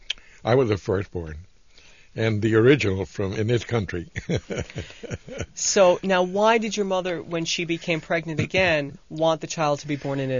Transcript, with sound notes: I was the first born and the original in this country. (he laughs)
So, now why did your mother, when she became pregnant again, want the child to be born in Italy?